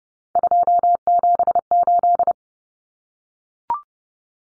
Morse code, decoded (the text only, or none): 278